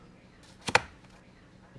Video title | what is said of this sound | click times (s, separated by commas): Porsche 914 How to Clean the Air Vents | and as it goes all the way and hits home, those little clips will pop out and you'll hear a little click. | 0.8 s